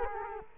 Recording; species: mosquito wingbeat signal from an infrared sensor; Culex quinquefasciatus